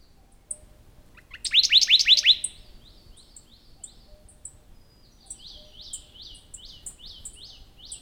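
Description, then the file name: Radde's warbler gives a loud, fast burst of repeated notes, followed by softer, scattered notes and a quieter run of similar repeated notes later. "warbler-radde -Phylloscopus-schwarzi"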